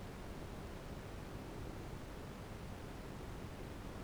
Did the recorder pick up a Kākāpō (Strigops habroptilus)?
no